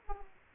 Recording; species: mosquito wingbeat signal from an infrared sensor; Aedes aegypti